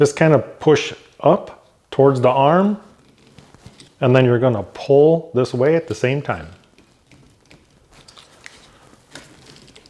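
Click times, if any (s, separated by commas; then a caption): none. Someone talks while a windshield wiper blade's plastic adapter is handled onto the metal hook of the wiper arm on a 2017–2022 Kia Sportage, pushed up toward the arm and pulled at the same time. Faint light ticks and rustles follow the speech. Nothing has seated or clicked yet.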